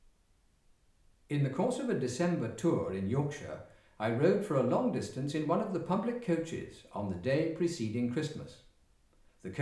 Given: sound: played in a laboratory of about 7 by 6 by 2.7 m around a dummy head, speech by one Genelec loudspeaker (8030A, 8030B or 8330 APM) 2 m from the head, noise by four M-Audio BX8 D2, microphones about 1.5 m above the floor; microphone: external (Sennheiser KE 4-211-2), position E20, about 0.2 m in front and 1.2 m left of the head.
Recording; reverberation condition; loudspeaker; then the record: male speech in English; medium; 120 degrees to the left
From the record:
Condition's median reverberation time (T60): about 510 ms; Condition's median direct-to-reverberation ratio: about -0.5 dB